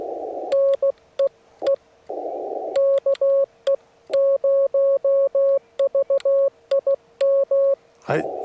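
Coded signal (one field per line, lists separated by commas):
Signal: Morse code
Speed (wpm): 16 wpm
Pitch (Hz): 550 Hz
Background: none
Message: NEE KE0VIM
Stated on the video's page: Parks on the Air activation from a rare park, operating CW.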